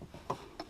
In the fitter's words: Hear that click?